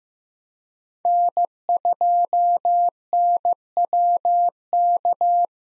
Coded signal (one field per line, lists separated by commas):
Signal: Morse code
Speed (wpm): 15 wpm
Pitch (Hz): 700 Hz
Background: none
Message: N2NWK